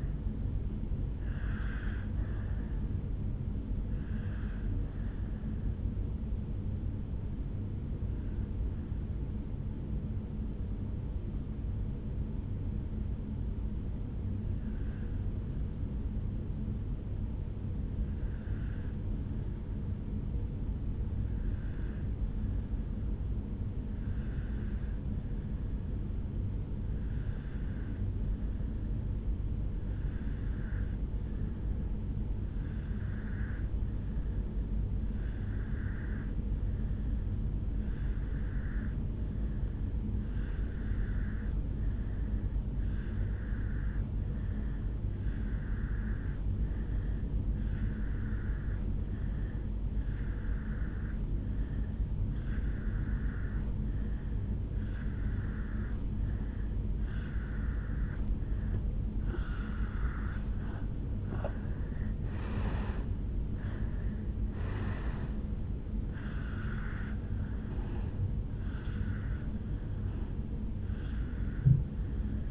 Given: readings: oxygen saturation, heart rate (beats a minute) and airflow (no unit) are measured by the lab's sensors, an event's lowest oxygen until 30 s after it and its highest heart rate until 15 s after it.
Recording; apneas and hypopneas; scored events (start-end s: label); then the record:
breathing in sleep by a smartphone at the bedside; 1
4.00-59.70 s: obstructive apnea (N1, oxygen 97% highest, then 84% lowest, heart rate 64 at the start, 75 highest)
17.00-72.51 s: new sleep stage, N2 (light sleep)
From the record:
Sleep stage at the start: N1 (lightest sleep); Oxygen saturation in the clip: 82 to 97%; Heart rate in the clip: 54 to 76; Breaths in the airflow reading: 4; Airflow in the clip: -10.6 to 8.0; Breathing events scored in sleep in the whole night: 449 in 7.0 hours asleep